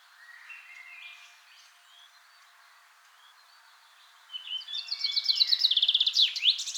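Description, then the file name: Common Chaffinch song: faint birdsong at first, then a loud bright series of quickly repeated notes with a sweeping note near the end. "Fringilla coelebs"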